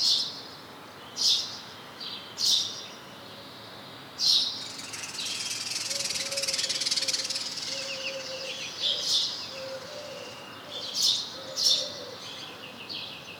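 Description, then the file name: House sparrow chirps, short harsh notes given singly and in pairs at irregular intervals, with a steady hiss in the middle and a faint low tonal hum. "Passer domesticus"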